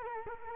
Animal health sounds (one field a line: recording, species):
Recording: mosquito wingbeat signal from an infrared sensor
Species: Culex quinquefasciatus